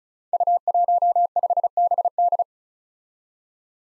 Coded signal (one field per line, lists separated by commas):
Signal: Morse code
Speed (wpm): 36 wpm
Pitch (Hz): 700 Hz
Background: none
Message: U15BD